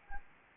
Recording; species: mosquito wingbeat signal from an infrared sensor; Anopheles gambiae